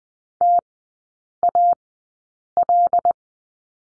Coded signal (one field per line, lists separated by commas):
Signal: Morse code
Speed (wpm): 20 wpm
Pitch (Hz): 700 Hz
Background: none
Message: TAL